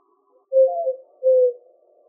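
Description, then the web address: Eurasian collared dove cooing, two soft low hollow notes, the first slightly wavering, the second steady, against a quiet background. Arizona, United States; 14 March 2007. "Doves AZFO ECDO 031407. deviche"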